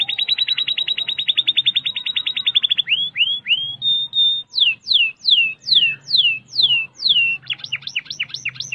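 Canary song opening with a rapid, even trill, then rising slurred notes, a series of loud descending whistled sweeps and quick paired chirps.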